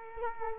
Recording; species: mosquito wingbeat signal from an infrared sensor; Culex quinquefasciatus